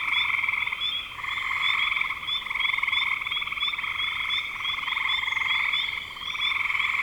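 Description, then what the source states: Many frogs calling together in rapid pulsed trills, a constant layered chorus with brief lulls just after one second and near six seconds. Recorded in spring 2025.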